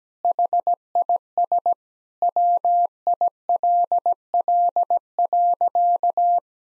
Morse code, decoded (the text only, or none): HIS WILL.